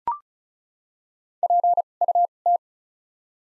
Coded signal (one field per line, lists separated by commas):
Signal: Morse code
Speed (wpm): 34 wpm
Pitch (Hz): 700 Hz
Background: none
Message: P U T